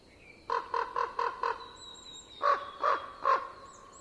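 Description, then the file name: Common raven giving a quick run of five clipped croaks, then three slower, fuller ones, with a thin sustained whistle from another bird behind. Winter. "ronk"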